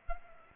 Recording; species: mosquito wingbeat signal from an infrared sensor; Culex pipiens